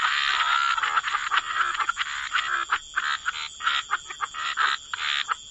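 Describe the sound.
Frogs croaking in a busy overlapping chorus, densest at first and then breaking into separate croaks, with a steady high tone behind.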